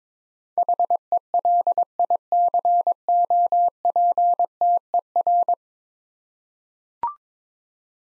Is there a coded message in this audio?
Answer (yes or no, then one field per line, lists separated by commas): yes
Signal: Morse code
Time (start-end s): 0.6-5.5 s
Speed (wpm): 22 wpm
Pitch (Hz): 700 Hz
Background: none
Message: HELICOPTER